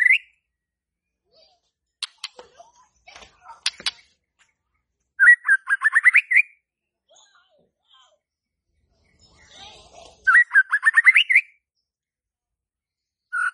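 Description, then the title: White-rumped shama song: scattered sharp clicks and brief chips, then two bursts of rapid whistled notes climbing in pitch, separated by a pause. Lure song used to provoke stressed White-rumped shamas that have stopped singing into song. "PANCINGAN Murai Batu STRES & MACET"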